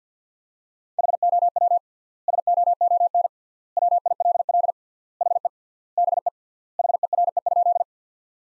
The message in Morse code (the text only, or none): HOW SOON WILL HE BE HERE?